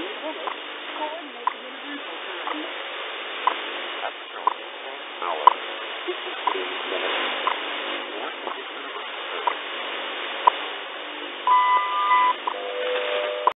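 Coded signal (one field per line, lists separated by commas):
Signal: radio time signal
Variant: WWV and WWVH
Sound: faint second ticks through static, then an overlapping steady beep near one second long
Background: radio static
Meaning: Ticks mark each second; the longer tone marks the minute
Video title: 10000KHZ WWVH and WWV 2022 /05 /16 19:50JST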